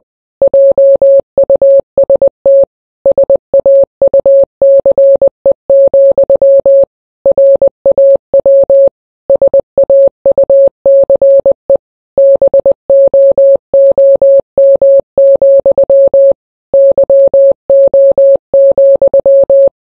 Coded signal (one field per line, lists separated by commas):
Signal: Morse code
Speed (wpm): 20 wpm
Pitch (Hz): 550 Hz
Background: none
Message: JUST SAUCE, RAW SAUCE BOOM, YO,